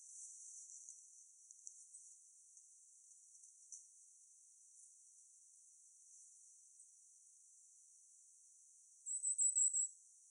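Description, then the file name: Firecrest calls: a quick burst of very high, thin, sibilant notes near the end, run together in a short rapid series over faint hiss. Calls recorded in Hockley Woods on 11 January 2021. "firecrest calls good hockley woods"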